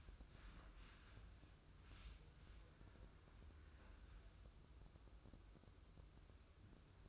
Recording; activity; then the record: daily activity, microphone in the room; wipe stove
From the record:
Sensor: 2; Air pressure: 995.9 hPa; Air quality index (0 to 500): 90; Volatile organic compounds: 4 ppm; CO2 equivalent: 1660 ppm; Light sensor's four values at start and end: 22/74/29/27 and 22/74/29/27